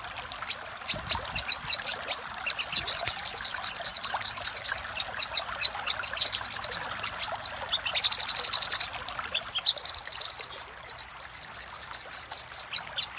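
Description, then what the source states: Little spiderhunter song: long runs of rapid, sharp high chips, with a buzzy, dense trill near the middle and fast repeated notes toward the end. Masteran (tutor) recording of sogok ontong song, used to train cage birds; labelled Labaik.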